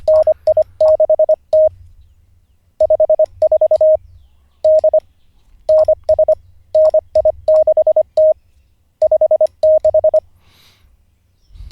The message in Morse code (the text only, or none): NI6T 54 D NS NI6T 56